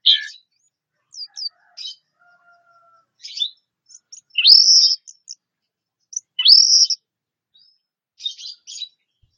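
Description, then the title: Orange-headed thrush song: scattered soft twitters punctuated by two loud rising-then-level whistled notes, separated by a couple of seconds. "Anis Merah"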